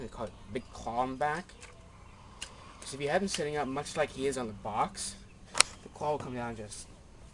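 Someone talks while folding a plastic claw piece down toward the head of a Bionicle Axalara T9 building-toy figure, with a brief tap heard around 2.4 seconds. The claw has not yet snapped into the head, and nothing has seated or clicked.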